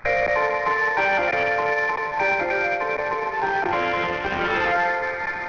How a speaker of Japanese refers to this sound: 寺田町の発車メロディーは…が大阪環状線のために書き下ろしたオリジナル曲です。